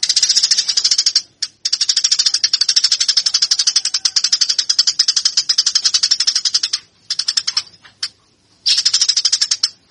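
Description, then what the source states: Eurasian tree sparrow chattering in dense, rapid chirp trains, loud and scratchy, broken by a few short silences. Fighting call; master recording used for training birds.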